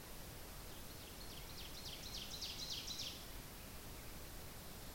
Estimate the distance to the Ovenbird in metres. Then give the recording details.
about 20 m. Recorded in boreal forest in Alberta, Canada, on 10 June 2016 at 08:55. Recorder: SongMeter 3, array SBT-3-39. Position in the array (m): 271 m, 158 m. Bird 19